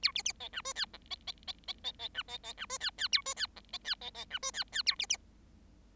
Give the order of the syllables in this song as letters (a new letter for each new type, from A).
A B B C D E F G C C C C C C D C C D E F F A E F G C F C C D E F F A B B